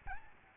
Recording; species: mosquito wingbeat signal from an infrared sensor; Aedes albopictus